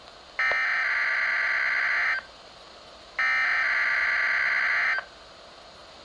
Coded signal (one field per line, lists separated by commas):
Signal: Emergency Alert System (SAME) tones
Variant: header bursts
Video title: Required Weekly Test (EAS #1,098) 3/28/18